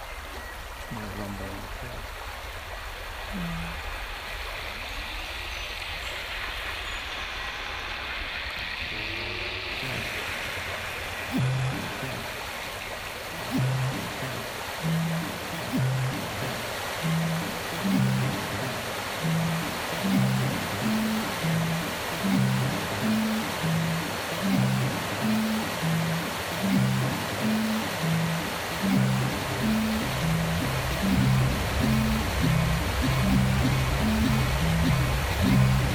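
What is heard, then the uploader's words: A babbling brook keeps up a steady, dense rush of water throughout, with a faint high whine running beneath it. From about twelve seconds on, a low, regular knocking pulse joins in, roughly once a second, and grows steadily louder toward the end. The peaceful sound of a babbling brook in Ireland and a faint polite exchange between two people.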